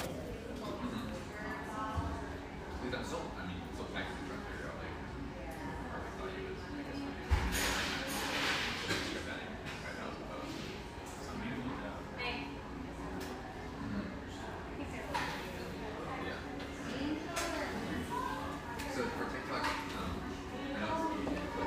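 A bubbly café buzz of overlapping voices fills the whole stretch, with chatter layering densely and never dropping out. Brief bright clatters cut through, a sharp knock near seven seconds and quicker clinks around fifteen and eighteen seconds, over a steady low hum.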